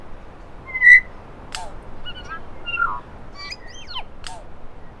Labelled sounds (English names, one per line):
New Zealand Bellbird song